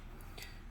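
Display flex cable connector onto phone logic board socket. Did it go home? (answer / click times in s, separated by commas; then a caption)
yes / 0.4 s. A display flex cable connector is pressed onto the socket on the logic board of an Apple iPhone XS Max during repair. A short, sharp click sounds at 0.4 s over a low background hum, showing the connector has snapped in and is seated.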